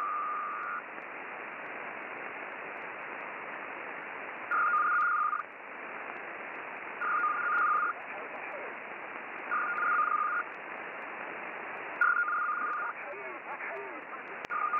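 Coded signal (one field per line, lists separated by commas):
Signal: HF data modem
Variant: PACTOR-II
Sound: steady hiss with short chirping data bursts repeating about every two and a half seconds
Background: radio static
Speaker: As a tribute to Switzerland, HB Swisscom Impactor 2, the traffic system.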